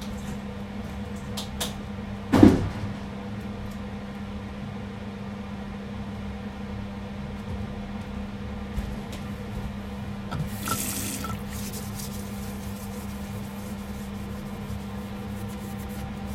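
Cleaning and tidying up: a steady low hum runs throughout, with a sharp knock near two seconds and a brief rustling clatter around ten seconds.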